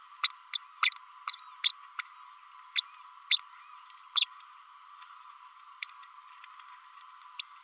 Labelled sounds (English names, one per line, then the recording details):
Green-rumped Parrotlet babbling
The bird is a male
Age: 33 days
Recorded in a nest box in Venezuela
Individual 17B32A6